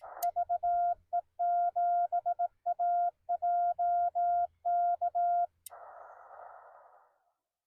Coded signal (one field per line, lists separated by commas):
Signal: Morse code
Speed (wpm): 18 wpm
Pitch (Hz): 700 Hz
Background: none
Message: VE7AJK